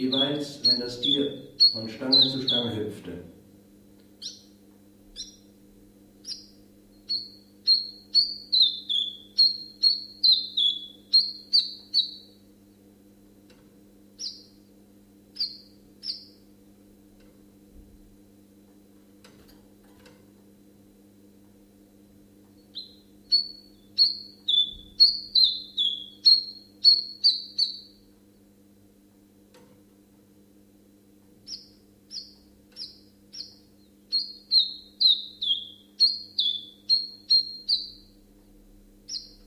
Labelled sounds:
Common Chiffchaff (Phylloscopus collybita) song
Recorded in captivity
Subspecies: collybita
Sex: male
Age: adult
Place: Zoologisches Institut Universität Tübingen, Baden-Württemberg, DE
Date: 1965-06-04
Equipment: Nagra III PH, kleiner englischer Parabolspiegel, LGS26
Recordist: Schneider, Hans-Joachim

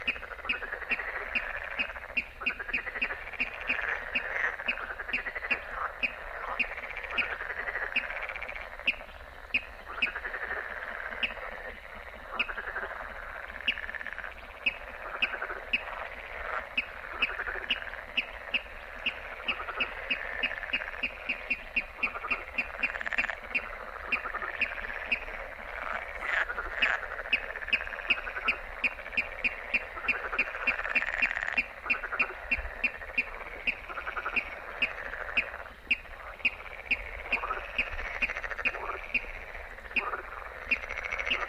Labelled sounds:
Water Rail (Rallus aquaticus)
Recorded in the wild
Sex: male
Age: adult
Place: Warsow, Kummerower See, Mecklenburg-Vorpommern, DE
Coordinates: 53.8375, 12.8506
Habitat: wetland
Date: 2009-06-15 23:33
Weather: heiter, schwacher Wind aus West, ca. 15 °C
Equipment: Sound Devices 702, Sennheiser MKH 70, Popschutz
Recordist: Frommolt, Karl-Heinz

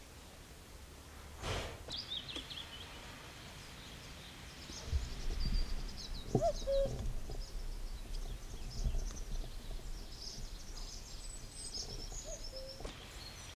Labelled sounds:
Common Cuckoo (Cuculus canorus) flight call
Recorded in the wild
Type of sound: flight call
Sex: male
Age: adult
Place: Schloß Holte-Stukenbrock, Senne, Nordrhein-Westfalen, DE
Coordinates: 51.8683, 8.6575
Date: 1967-05-20
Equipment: Uher 4000 Report-S, Bändchenmikro Beyer M 260, Parabolspiegel Polyester (470 mm)
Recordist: Conrads, Klaus
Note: Hof Brock (Furlbach-Gebiet). Männchen: Rufe im Fluge

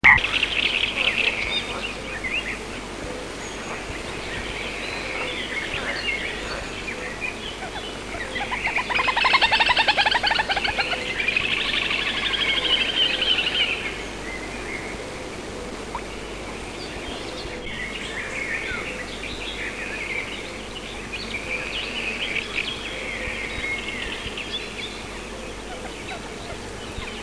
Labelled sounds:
Little Grebe (Tachybaptus ruficollis) call
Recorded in the wild
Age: adult
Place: Petershain, Niederlausitz, Sachsen, DE
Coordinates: 51.3167, 14.7514
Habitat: ponds
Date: 1963-06-10
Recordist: Meyer, Hugo

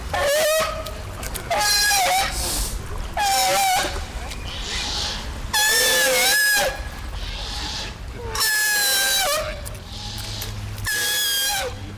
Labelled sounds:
California Sea Lion (Zalophus californianus) call
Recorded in captivity
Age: juvenile
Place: Tiergarten Wilhelma/Stuttgart, Baden-Württemberg, DE
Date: 1998-10-02 14:50
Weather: overcast, ca.14°C
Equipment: Sony MD-WM MZ-R3, Sennheiser MKH 416 T, Kopie Uher 4000 Report Monitor
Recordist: Tembrock, Günter

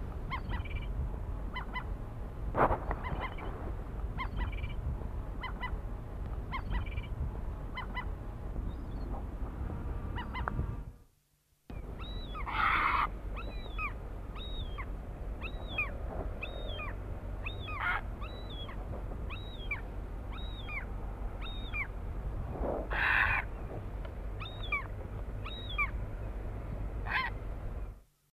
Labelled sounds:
Common Gull (Larus canus) call
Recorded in captivity
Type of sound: call
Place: Neustädter Moor, Niedersachsen, DE
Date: 1981-08-01
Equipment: Halbspur, 9,5 cm/s
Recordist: Lütgens, Hans
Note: Flugfähige Junge betteln. Alte fliegen den Graureiher an

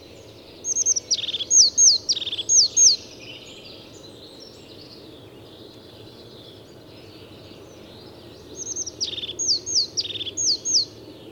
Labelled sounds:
European Crested Tit (Lophophanes cristatus) song
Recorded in the wild
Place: Parchtitz, Insel Rügen, Mecklenburg-Vorpommern, DE
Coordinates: 54.342, 13.555
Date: 1976-05-08
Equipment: Nagra III BH, Sennheiser MD 21, parabola
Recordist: Schubert, Michael

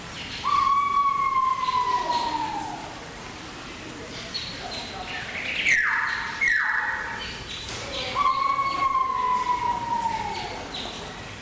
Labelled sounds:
Pheasant Pigeon (Otidiphaps nobilis) call
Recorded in captivity
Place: Zoo Berlin, Berlin, DE
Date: 1996-01-21 13:22
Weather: heiter, -7°C
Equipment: Sony MD-WM MZ-R3, Sennheiser ME 80, Kopie Uher 4000 Report Monitor
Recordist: Tembrock, Günter

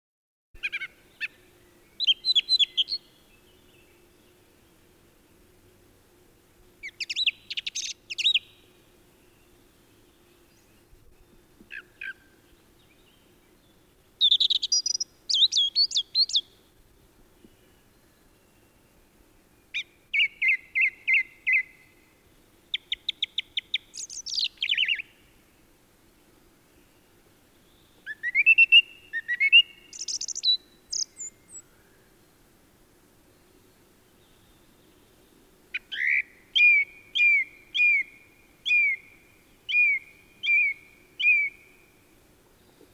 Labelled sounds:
Song Thrush (Turdus philomelos) song
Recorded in the wild
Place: Poiana Brasov, Transilvania, RO
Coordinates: 45.595, 25.551
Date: 1976-05-25 06:30
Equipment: Nagra III BH, Sennheiser MD 21, parabola
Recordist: Schubert, Michael
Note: Gesang Singdrossel

